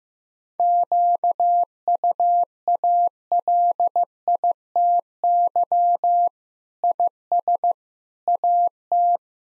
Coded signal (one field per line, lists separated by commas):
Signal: Morse code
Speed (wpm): 15 wpm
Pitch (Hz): 700 Hz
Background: none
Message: QUALITY IS AT